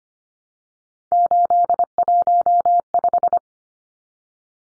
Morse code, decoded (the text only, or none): 815